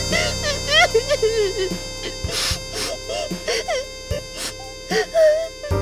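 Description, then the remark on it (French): A child fakes crying with wavering, high-pitched whimpers and sobbing wails in short bursts, broken by small gasps, sounding exaggerated rather than genuinely distressed. “Je sais pas si ça fait assez de pleurs.”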